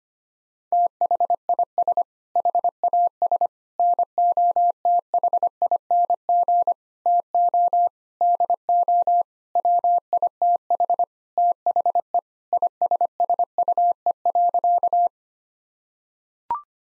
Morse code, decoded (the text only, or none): THIS HAS NOTHING TO DO WITH THE ISSUE.